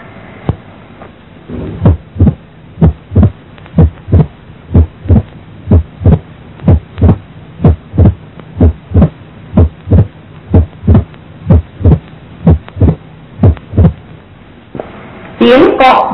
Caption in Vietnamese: Tiếng clap mở van hai lá là tiếng đến sau tiếng thứ hai từ 6-10% giây, âm sắc đanh gọn, nghe rõ ở liên sườn 4 trái gặp trong hẹp van hai lá.